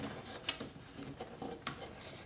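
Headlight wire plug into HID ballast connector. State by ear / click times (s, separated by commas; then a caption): seated / 1.7 s. The longest wire from the headlight is pushed into the largest connector on the HID xenon ballast of a 1992–2002 Honda Civic, with soft handling rustles and a small tick at about 0.5 s. A sharp click at 1.7 s marks the connector clicking into place, and it is seated.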